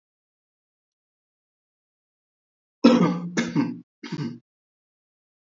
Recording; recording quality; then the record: shallow voluntary cough; excellent, no background noise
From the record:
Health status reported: healthy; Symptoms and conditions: none ticked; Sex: male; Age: 33 years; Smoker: not ticked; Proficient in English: yes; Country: India